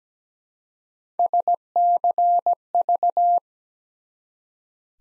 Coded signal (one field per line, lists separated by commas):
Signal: Morse code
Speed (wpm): 17 wpm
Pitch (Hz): 700 Hz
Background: none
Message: SCV